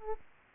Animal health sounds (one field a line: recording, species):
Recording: mosquito wingbeat signal from an infrared sensor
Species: Aedes aegypti